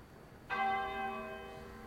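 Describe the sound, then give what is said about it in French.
A church bell tolls once, its rich, layered overtones ringing out and slowly fading, like the start of a slow peal. No one speaks. “Les cloches sonnent, lentes, lentes, arrêtant tout, le soleil, les drapeaux, les bruits, mes pensées.”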